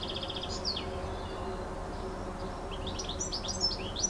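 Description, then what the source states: Bird song: a brief buzzy trill and downslurred notes, then a quick run of high chirps, over faint low hum. Recorded on an MZ-N 710 device, dated 26 06 14.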